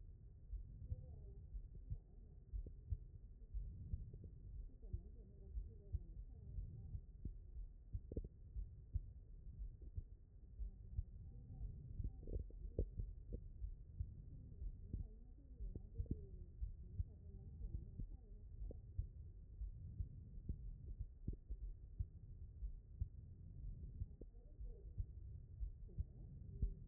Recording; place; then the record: heart sounds by stethoscope; aortic valve (AV)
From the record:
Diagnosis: non-HFrEF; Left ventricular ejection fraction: 68%